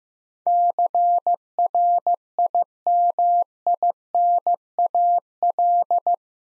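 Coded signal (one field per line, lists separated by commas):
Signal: Morse code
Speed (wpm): 15 wpm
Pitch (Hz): 700 Hz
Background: none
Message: CRIMINAL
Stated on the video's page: Morse code practice of eight-letter words at 15 wpm for head-copy, each word sent, then spoken, then sent again.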